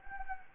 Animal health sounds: mosquito wingbeat signal from an infrared sensor; Anopheles gambiae

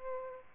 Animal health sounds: mosquito wingbeat signal from an infrared sensor; Aedes albopictus

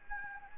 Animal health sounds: mosquito wingbeat signal from an infrared sensor; Anopheles gambiae

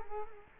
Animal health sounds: mosquito wingbeat signal from an infrared sensor; Culex quinquefasciatus

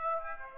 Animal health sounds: mosquito wingbeat signal from an infrared sensor; Aedes aegypti

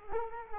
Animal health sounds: mosquito wingbeat signal from an infrared sensor; Culex quinquefasciatus

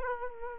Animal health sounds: mosquito wingbeat signal from an infrared sensor; Aedes aegypti

